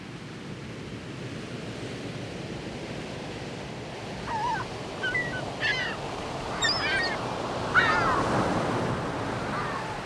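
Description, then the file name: Gull calls, several short harsh yelps from about four to nine seconds over constant surf and breaking waves. Recorded by the sea. "mar y gaviotas"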